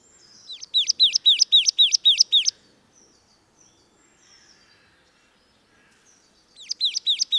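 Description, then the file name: Marsh tit calling: a fast run of paired high notes with falling whistles, a few seconds of quiet, then a second similar rapid series begins. "Poecile palustris"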